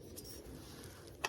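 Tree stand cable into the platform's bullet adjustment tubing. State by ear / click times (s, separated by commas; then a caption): seated / 1.2 s. The steel cable of a Realtree Deluxe Aluminum Climbing Tree Stand from Walmart is pulled through a cutout in the aluminum tubing of the platform's bullet drive adjustment system, over a steady low rumbling background. At 1.3 s a short, sharp click rings out as the cable locks into place, seated to keep the platform slightly inclined.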